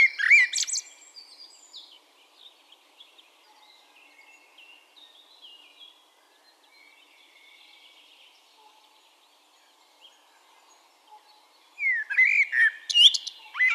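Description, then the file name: Common blackbird with two separate song phrases, fluty notes finished by high scratchy chatter, with soft birdsong filling the long pause between them. "Turdus merula"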